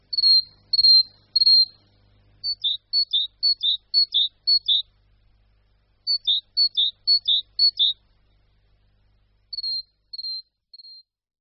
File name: Sýkora-koňadra